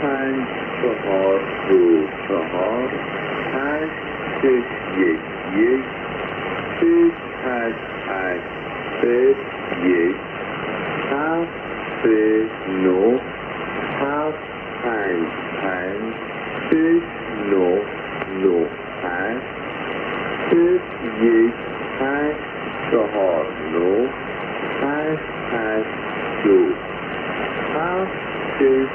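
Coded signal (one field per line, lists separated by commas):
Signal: numbers station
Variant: Farsi language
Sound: a voice reading short, evenly spaced words over a narrow, radio-filtered channel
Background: radio static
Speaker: So you can hear a Farsy language numbers station actually activating which is pretty re rare.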